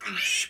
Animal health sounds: pig call; piglet (1 to 25 days)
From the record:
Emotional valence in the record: negative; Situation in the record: castration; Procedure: castration, shear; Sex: male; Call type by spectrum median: high-frequency call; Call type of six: high-frequency stable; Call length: 0.50 s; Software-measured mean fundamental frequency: 290 Hz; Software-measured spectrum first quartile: 2496 Hz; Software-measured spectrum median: 3321 Hz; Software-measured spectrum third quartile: 6243 Hz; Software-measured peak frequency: 2503 Hz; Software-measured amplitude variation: 136 dB a second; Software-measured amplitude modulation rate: 20.9 a second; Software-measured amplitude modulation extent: 6.5 dB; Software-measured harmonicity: 2.7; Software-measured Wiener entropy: -2.32

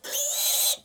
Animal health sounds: pig call; piglet (1 to 25 days)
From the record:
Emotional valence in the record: negative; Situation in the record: restrain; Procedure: back test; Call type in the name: high-frequency call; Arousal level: maximum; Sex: female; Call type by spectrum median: high-frequency call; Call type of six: high-frequency stable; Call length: 0.84 s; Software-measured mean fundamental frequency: 201 Hz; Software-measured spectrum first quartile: 5109 Hz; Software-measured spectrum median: 7448 Hz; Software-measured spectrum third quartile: 10669 Hz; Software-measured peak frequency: 3963 Hz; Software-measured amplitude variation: 115 dB a second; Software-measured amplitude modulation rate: 21.9 a second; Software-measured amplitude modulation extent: 5.2 dB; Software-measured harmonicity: 1.4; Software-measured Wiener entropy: -1.83

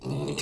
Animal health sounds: pig call; weaner (32 to 43 days)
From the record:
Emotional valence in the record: negative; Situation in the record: short isolation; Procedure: open field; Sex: female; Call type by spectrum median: low-frequency call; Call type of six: mixed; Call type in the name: high-frequency modulated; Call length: 0.42 s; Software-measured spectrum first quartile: 259 Hz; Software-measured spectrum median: 854 Hz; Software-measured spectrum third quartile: 4501 Hz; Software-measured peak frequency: 363 Hz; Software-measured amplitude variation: 128 dB a second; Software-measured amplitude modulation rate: 16.8 a second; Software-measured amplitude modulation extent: 7.6 dB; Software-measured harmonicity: 0.8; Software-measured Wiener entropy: -3.64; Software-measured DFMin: 1175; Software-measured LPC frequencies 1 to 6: 362, 2311, 2745, 3841, 4545, 4929 Hz

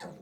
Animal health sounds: pig call; piglet (1 to 25 days)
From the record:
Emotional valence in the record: negative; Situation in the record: long isolation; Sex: female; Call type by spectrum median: low-frequency call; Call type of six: mixed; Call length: 0.21 s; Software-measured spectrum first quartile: 355 Hz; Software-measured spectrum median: 719 Hz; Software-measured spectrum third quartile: 1718 Hz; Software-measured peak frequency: 179 Hz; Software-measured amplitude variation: 117 dB a second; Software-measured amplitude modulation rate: 16.4 a second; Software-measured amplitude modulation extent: 7.1 dB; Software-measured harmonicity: 2.0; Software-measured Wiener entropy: -1.49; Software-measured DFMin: 1015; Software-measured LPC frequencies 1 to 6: 672, 1756, 3730, 4415, 5239, 6428 Hz

